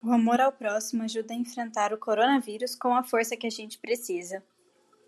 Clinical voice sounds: spoken sentence; Brazilian Portuguese; female; 18 to 19 years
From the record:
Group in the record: control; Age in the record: 18 years

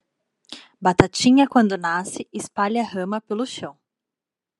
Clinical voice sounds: short text; Brazilian Portuguese; female; 30 to 39 years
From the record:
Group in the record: control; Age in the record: 32 years

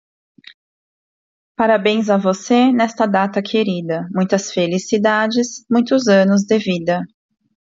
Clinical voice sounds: short text; Brazilian Portuguese; female; 40 to 49 years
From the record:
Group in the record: control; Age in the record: 44 years

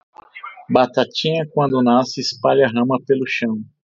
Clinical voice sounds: short text; Brazilian Portuguese; male; 40 to 49 years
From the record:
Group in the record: control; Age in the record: 41 years

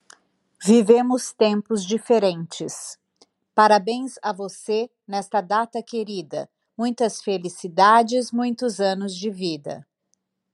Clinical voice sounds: short text; Brazilian Portuguese; female; 50 to 59 years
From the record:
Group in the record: control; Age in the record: 52 years

